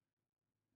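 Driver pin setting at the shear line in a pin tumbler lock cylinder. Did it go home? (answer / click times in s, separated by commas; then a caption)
no / none. A hook lifts the binding pin in a cutaway pin tumbler lock cylinder under tension, working the driver pin toward the shear line. Only a faint low hum is heard, with brief quiet gaps near 0.15 s and between 0.3 and 0.4 s. Nothing has set or clicked yet.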